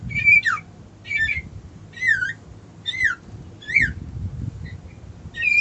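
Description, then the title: White-eye giving short, high downslurred chirps in a slow, spaced series. Song style called ngerol ngalas. "Suara Burung Pleci Ngerol Ngalas Mantap"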